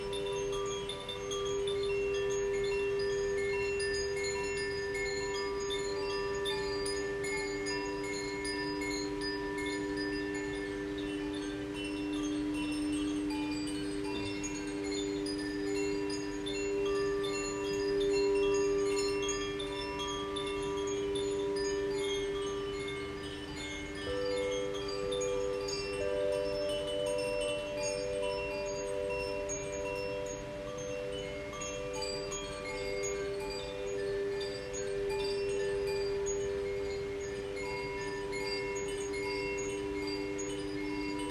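Chimes ring out over a sustained crystal bowl tone, with bright, overlapping strikes scattered steadily throughout. Beneath them a low, constant hum from the bowls holds at an even level, and a soft rushing of a stream runs quietly in the background.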